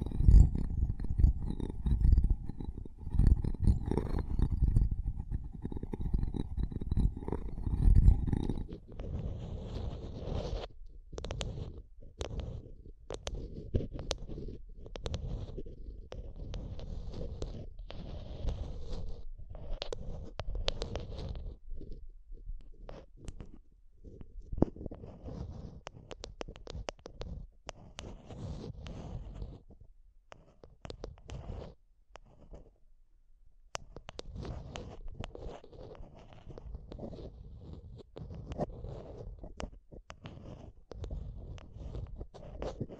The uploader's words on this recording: ASMR Intense Mic Tapping and Scratching Sounds (No Talking).